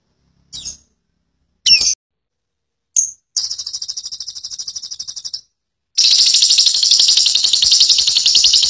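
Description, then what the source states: Lovebird utters several brief squeaky chirps, then a sustained rapid chatter of harsh high notes, breaking off and resuming as a long dense trill. Ngekek style: long chattering call of a lovebird.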